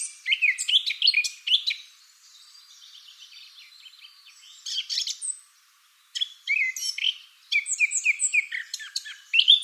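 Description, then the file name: Eurasian blackcap song: a quick chattering warble, soft twittering, a short burst, then a lively phrase of varied whistles and chirps. "Sylvia atricapilla"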